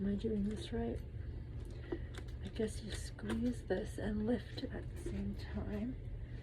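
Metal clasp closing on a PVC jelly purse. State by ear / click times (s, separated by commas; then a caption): not seated / none. A metal clasp on a PVC jelly purse is squeezed and lifted at the same time while someone talks, with a faint handling tap at about 2.2 seconds. The clasp has not clicked shut or seated yet.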